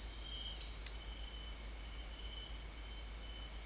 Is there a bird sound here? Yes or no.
no